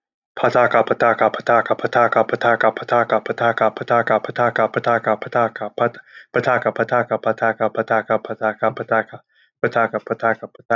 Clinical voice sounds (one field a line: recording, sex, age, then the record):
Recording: repeated syllables /pa ta ka/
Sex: male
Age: 20 to 29 years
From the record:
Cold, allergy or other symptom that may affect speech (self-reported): no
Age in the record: 29 years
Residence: Pennsylvania, United States